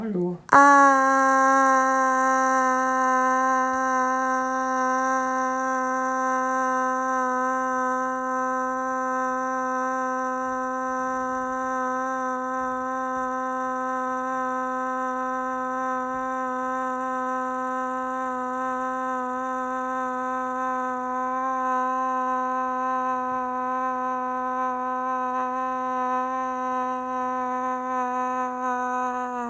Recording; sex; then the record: sustained vowel /a/; female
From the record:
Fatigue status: no fatigue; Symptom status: asymptomatic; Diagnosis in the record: COVID-19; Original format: m4a